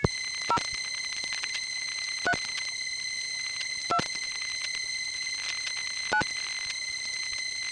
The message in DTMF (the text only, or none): 3 2 9